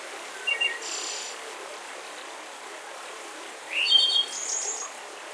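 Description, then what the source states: Birds chirping: a short high double chirp near the start, then a brighter burst of rising and trilled notes later, over steady soft hiss. Mountain forest.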